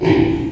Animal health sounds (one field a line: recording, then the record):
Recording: squeal of a Yucatan mini pig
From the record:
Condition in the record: before surgery on the right vocal fold (resection and tissue-engineered implant)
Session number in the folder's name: 1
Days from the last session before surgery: -21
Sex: female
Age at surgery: 19 weeks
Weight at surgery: 25 kg